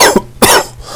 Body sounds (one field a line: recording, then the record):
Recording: coughing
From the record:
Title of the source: Coughing 79